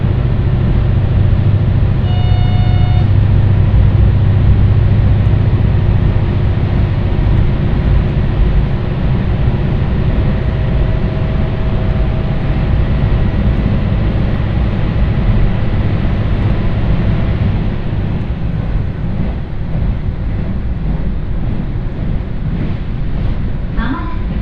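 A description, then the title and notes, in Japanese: A ride on the Ibara Railway, with a heavy, steady rumble of the train running throughout. A short high ringing tone appears near three seconds, and a faint humming whine holds from about ten to seventeen seconds before the rumble eases slightly toward the end. 井原鉄道 道上→神辺→備中呉妹。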